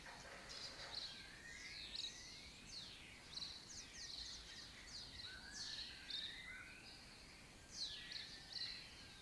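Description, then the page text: Lesser kestrels calling repeatedly, a rapid series of high, rasping downward-slurred notes from several birds, overlapping throughout over steady background hiss. Breeding colony in an abandoned building or house complex in Doñana, southern Europe; a migratory raptor that forages in West Africa. "Lesser Kestrels Took Over an Abandoned Building. A migratory raptor wich spends its foraging time in West Africa and breeds in southern Europe. Here in Doñana"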